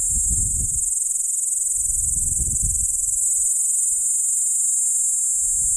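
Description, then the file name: P. capensis: insect call: a sustained shrill buzz without pauses, overlaid by intermittent low rumbling noise. Recorded near Arniston. "P capensis nr Arniston"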